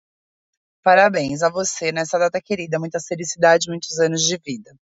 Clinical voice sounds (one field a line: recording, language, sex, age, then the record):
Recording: short text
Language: Brazilian Portuguese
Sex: female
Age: 30 to 39 years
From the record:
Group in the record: control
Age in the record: 35 years